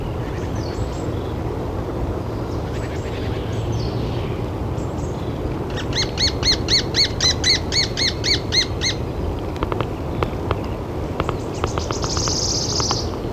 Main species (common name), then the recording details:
Lesser Spotted Woodpecker. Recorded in the wild. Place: Caldern, DE. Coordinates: 50.8453, 8.67167. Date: 1964-04-16 08:30. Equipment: Uher Report 4000, AKG D190. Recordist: Krey, Winfried. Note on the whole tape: Gesang und Trommeln